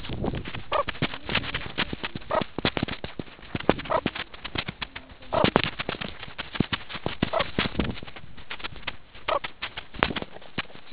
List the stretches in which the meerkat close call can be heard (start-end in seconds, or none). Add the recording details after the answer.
0.71-0.83, 2.28-2.42, 3.90-4.01, 5.32-5.46, 7.32-7.45, 9.26-9.41. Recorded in the Kuruman River Reserve, South Africa. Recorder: an audio tag on a meerkat's collar